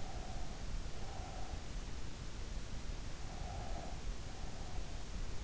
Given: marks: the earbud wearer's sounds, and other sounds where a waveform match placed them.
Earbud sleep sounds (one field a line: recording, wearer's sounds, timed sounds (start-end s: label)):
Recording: sounds in sleep by an in-ear microphone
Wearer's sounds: breath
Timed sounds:
0.00-1.64 s: breath
3.26-5.26 s: breath